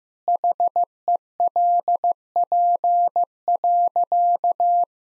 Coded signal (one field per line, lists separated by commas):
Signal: Morse code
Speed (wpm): 15 wpm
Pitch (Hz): 700 Hz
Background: none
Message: HELP.